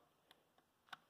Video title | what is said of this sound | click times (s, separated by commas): How to install or upgrade your CPU on LGA 2011 server motherboard or x79 motherboard | cut it over like that and see now it's locked into place | 0.3 s, 0.9 s